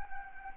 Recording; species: mosquito wingbeat signal from an infrared sensor; Anopheles gambiae